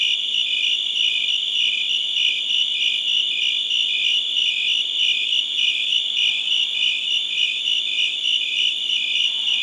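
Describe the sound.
Cricket gives high, pulsing chirps without pause in a steady shimmering trill.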